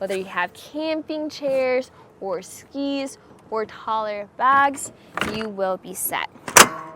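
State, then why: Seated. Someone talks as the plastic lid of a Thule Force 3 rooftop cargo box on a 2023 Kia Seltos is closed. The lid latch clicks into the box base at 6.5 s, and the box is confirmed closed.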